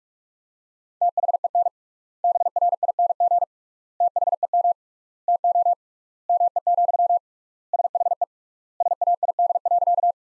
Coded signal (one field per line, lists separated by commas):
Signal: Morse code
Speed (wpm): 46 wpm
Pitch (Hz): 700 Hz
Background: none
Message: THEN BRING THEM TO ME, SHE SAID.